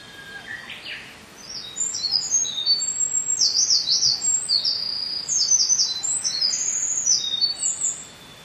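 Wren singing a loud, fast, tinkling song of high trills and ringing notes that lasts about six seconds after a brief softer note at the start.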